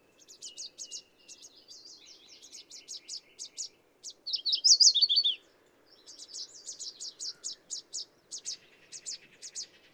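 Bird song: rapid high chirps in runs, a loud tumbling trilled phrase midway, then more quick chirping with a faint buzzy note near the end.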